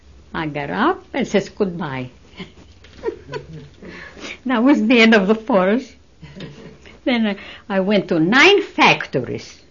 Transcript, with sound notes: I got up, and I says, "Goodbye." ( she laughs ) And that was the end of the furs. Then I went to nine factories